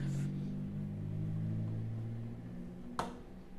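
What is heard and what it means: A small metal screw is unscrewed with a screwdriver from the cooler/shroud of an ASUS HD7970 DirectCU II GHz graphics card. Over a steady low hum, a single sharp click at 3.0 s marks the screw coming free. The screw is fully unscrewed and out.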